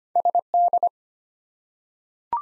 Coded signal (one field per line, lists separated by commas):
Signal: Morse code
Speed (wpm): 25 wpm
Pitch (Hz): 700 Hz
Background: none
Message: SD